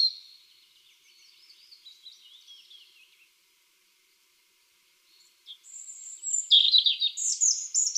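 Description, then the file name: European robin song: a fading run of soft high twitters, a short silence, then a loud phrase of shrill whistles and quick trills. "Erithacus rubecula"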